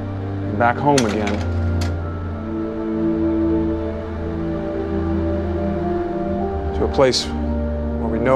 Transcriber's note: soundbite of projector